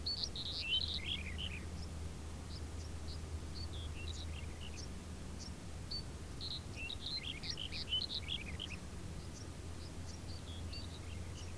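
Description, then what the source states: Several birds sing high, rapid chirping phrases in repeated bursts, while a steady low drone runs underneath the whole time. Birds in a field, background ambience.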